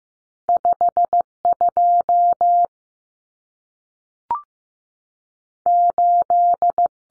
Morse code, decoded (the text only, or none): 52 8